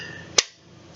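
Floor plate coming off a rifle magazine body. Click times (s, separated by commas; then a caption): 0.4 s. A polymer floor plate is pushed off a rifle magazine body while a thumb holds the spring in. A sharp click at 0.4 s comes as the spring's bottom plate comes up against the thumb, and a fainter click follows at 1.0 s. The floor plate is released.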